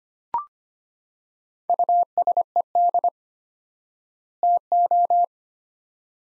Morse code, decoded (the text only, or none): USED TO